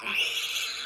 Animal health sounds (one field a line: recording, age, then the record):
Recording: pig call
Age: piglet (1 to 25 days)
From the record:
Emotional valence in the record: negative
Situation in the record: castration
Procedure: castration, cut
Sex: male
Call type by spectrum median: high-frequency call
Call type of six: high-frequency modulated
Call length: 0.86 s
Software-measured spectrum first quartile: 2574 Hz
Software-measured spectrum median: 3092 Hz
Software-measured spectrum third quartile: 4267 Hz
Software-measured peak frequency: 2685 Hz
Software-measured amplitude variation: 108 dB a second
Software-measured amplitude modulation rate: 19.7 a second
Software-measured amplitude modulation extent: 5.5 dB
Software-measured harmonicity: 2.9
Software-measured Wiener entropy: -1.96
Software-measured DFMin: 969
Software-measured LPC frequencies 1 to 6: 1266, 2717, 3386, 4090, 5333, 6710 Hz